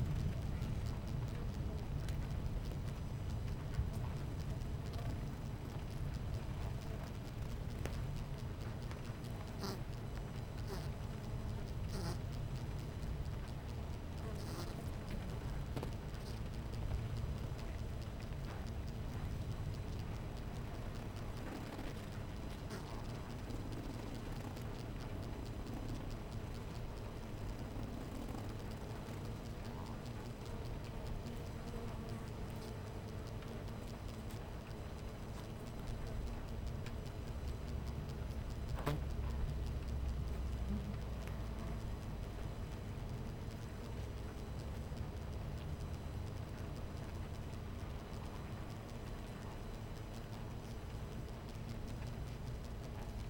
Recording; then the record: honeybee colony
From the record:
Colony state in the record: missing queen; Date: 14 July 2017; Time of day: 11:37